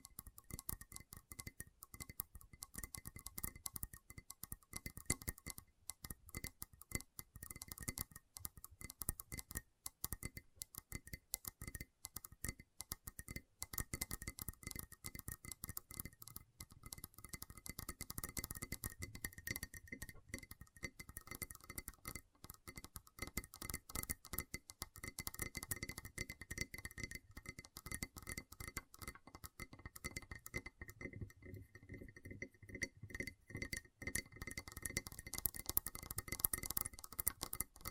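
Gentle tapping continues throughout, a dense stream of light, quick taps with a crisp, glassy clink to them. The pace stays busy and fairly even, with brief thinner stretches around 10 and 31 seconds, and a faint steady tone runs beneath.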